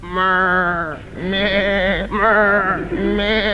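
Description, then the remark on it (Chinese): A voice mimics a goat with three long, wavering bleats, each quavering nasal cry sliding in pitch, loud and alone with brief gaps between them. “咩咩咩咩，咱们这到屠宰场了。 谁让你叫回来了？”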